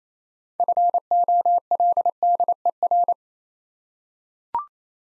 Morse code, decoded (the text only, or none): FOLDER